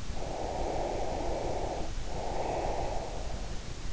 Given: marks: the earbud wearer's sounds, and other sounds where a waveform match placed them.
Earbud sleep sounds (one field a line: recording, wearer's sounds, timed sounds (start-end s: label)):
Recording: sounds in sleep by an in-ear microphone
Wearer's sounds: breath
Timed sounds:
0.15-3.59 s: breath